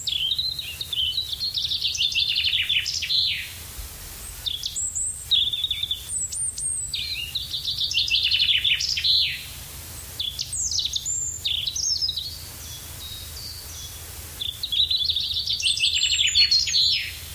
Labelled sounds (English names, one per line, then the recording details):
Common Chaffinch song
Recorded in the wild
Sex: male
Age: adult
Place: Ebeltoft, Halbinsel Mols, DK
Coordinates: 56.2239, 10.5783
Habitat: decidouos forest
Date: 1994-04-08
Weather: hazy, rime, ca. 0°C
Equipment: Sony WM-D6C, Sennheiser MKH 70, Kopie Revox C 270
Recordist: Frommolt, Karl-Heinz